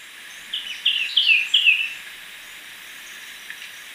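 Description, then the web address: Black-and-white becard giving four quick chirpy notes in a row, followed by hiss and one faint note. Recorded in Ecuador. "Birds of Ecuador. Black-and-white Becard"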